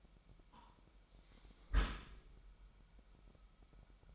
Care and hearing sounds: daily activity, microphone in the room; close dishwasher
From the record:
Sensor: 1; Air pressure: 998.2 hPa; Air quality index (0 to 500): 140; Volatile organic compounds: 4 ppm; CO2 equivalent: 1677 ppm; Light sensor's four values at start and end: 16/54/21/22 and 16/54/21/22

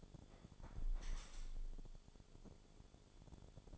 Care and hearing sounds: daily activity, microphone in the room; close window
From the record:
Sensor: 5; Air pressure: 1015.0 hPa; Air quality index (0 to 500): 99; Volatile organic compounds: 2 ppm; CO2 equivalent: 1065 ppm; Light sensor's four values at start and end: 35/80/32/31 and 35/80/32/31

